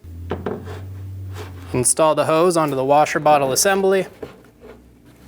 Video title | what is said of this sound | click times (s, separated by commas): How to Replace Windshield Washer Pump 2003-2026 Chevrolet Express 2500 | Install it down in first and then pull it towards you till it snaps into place. | 0.3 s